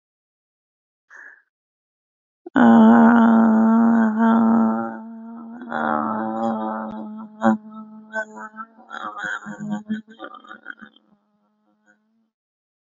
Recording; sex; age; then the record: vowel held as long as possible; female; 20 to 29 years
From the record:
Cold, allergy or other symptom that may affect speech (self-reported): no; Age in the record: 29 years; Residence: Minnesota, United States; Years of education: 12